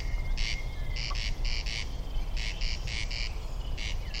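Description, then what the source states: Corn crake calling, repeated harsh double rasps over a low steady hum. Several corncrakes calling, recorded on 9 June last year, in summer, on a corncrake outing.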